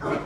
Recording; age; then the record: pig call; growing-finishing pig (85 days or more)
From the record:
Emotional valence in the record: positive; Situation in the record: run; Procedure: transit